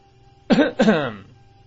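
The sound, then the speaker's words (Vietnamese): A man pretends to clear his throat to get attention, in two quick, voiced bursts, a short rough "ahem" with a brief gap between, fairly loud against a quiet background. “Trầm Sùng giả vờ hắng giọng, rốt cuộc cũng được chú ý.”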